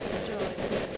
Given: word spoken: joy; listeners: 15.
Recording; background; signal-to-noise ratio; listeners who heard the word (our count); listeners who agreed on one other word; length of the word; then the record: one English word in noise, from a listening test; noise modulated by three-talker babble; -7.0 dB; 4 of 15; 6 of 15; 0.57 s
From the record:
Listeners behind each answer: 6, 4, 3, 1, 1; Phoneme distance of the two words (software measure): 14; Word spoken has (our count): 1 syllable, 2 phonemes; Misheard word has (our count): 2 syllables, 4 phonemes, stress on syllable 2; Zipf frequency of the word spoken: 4.53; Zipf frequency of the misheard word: 5.05